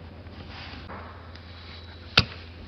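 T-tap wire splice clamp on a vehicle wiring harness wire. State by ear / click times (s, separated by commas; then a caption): seated / 2.2 s. A plastic T-tap splice connector is slid over the passenger-side wire of a vehicle wiring harness on a fourth-gen Dodge Ram during a running light and signal tow mirror mod, then squeezed closed. After a steady low hum and a faint tick at 1.4 s, one sharp, loud click at 2.2 s marks the clamp snapping shut and latching, so the tap is seated.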